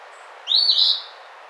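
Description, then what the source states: Eastern phoebe singing one hoarse, buzzy two-part phrase, the first part rising, heard against low constant hiss. Recorded 28 April 2009.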